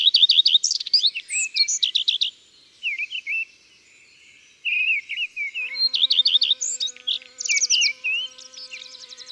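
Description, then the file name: Common redstart song: fast runs of repeated swooping notes in short bursts between pauses, with a soft steady drone in the second half. Countryside. "Rougequeue a front blanc Chants doiseaux dans la campagne"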